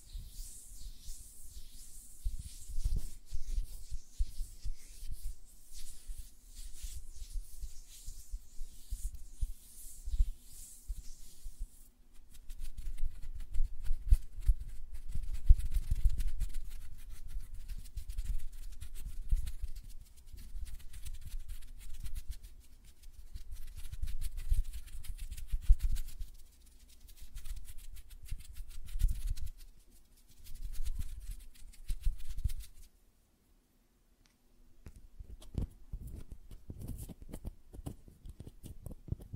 Tapping on Nails, Finger Fluttering, Hand Sounds